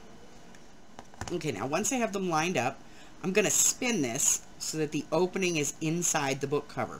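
A metal hinged ring on a journal's book cover is closed with pliers, its two ends brought together until they line up and snap shut. A sharp click is heard at 0.99 s as the ring seats, with small taps just before and after. Then someone talks.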